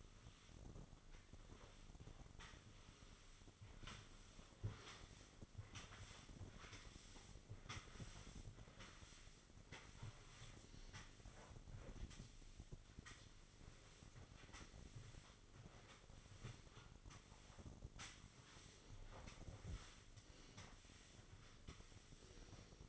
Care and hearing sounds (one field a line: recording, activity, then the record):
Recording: daily activity, microphone in the room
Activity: sweep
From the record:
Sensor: 4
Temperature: 27.1 degrees Celsius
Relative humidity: 35.2%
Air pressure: 1003.9 hPa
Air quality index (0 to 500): 149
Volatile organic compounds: 2 ppm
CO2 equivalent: 1064 ppm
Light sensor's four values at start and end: 18/43/18/19 and 16/37/15/17